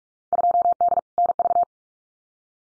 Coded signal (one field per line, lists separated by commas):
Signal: Morse code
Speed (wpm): 44 wpm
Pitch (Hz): 700 Hz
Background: none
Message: 2D NV